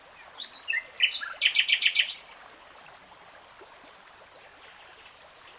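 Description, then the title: Nightingale giving a brief phrase of chirps and a quick series of five or six repeated notes, followed by quiet background. Nightingale singing, recorded in real time. "[Tiếng chim hót] Nightingale Singing"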